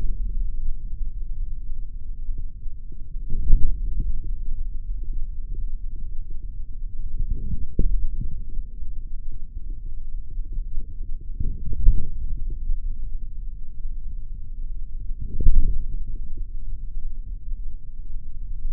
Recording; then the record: forearm muscle sounds (acoustic myography)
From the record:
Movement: forearm supination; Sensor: system 3, bracelet of six PUI Audio POM-2738L microphones around the upper forearm, with dedicated amplification and filtering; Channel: 5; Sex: male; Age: 26 years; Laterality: right